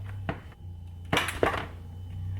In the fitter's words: as you heard the click and then I'm just going to go ahead and take it off